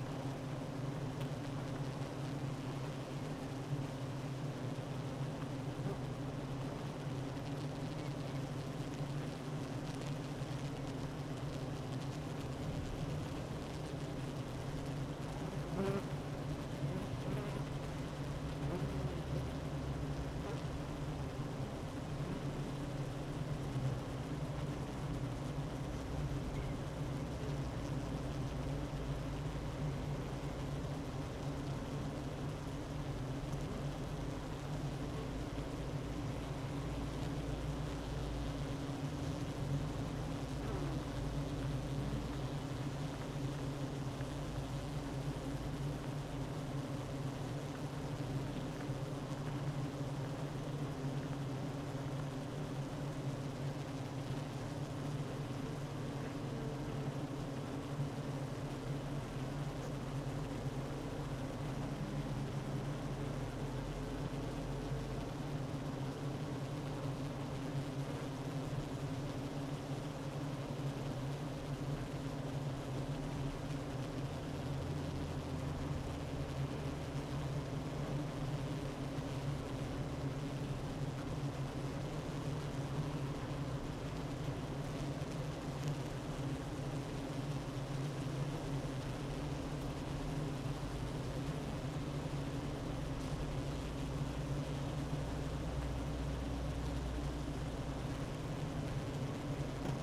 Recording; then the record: honeybee colony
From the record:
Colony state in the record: active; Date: 12 June 2018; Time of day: 9:25